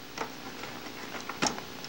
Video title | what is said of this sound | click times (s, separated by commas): Module A - Rare Apple Training Video - | then press until they click into place | 1.3 s, 1.5 s, 1.6 s, 1.8 s